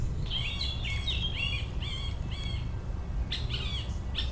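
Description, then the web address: Spotted woodpecker calls: a run of short, arched, harmonic notes about every half second, then a few sharper notes, over a steady low rumble. "Picchio rosso"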